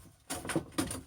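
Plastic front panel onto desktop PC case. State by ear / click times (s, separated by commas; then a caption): not seated / none. A plastic front panel, the last piece to go on, is handled as it is refitted onto a desktop PC case, giving short scraping and knocking bursts around 0.3, 0.5 and 0.8 seconds. Nothing has seated or clicked into place yet.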